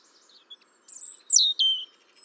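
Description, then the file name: European robin song fragment: thin high whistles, then a sharply falling, liquid slur and a final high, drawn-out note. "Erithacus rubecula"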